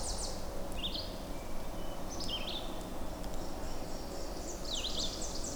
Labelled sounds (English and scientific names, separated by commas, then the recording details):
Red-eyed Vireo (Vireo olivaceus) song
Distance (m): 50 m
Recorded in boreal forest in Alberta, Canada, on 26 May 2016 at 07:05
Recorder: SongMeter 3, array SBT-3-15
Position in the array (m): 124 m, 92 m